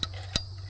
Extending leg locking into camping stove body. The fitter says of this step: the legs extend out one other uh click